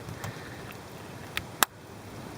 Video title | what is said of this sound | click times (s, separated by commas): BMW Spark Plug Replacement | clips and pop them in | 1.6 s